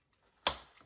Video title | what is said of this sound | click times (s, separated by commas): Shark IQ with Self Empty | this snap in place | 0.5 s